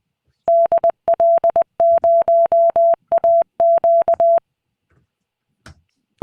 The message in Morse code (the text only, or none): DL0AQ